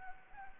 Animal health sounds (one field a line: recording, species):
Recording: mosquito wingbeat signal from an infrared sensor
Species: Anopheles arabiensis